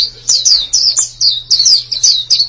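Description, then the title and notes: White-eye song: quick high chirping notes, each slurring downward, repeated in a brisk stuttering rhythm over a faint low hum. "Suara kicauan burung pleci"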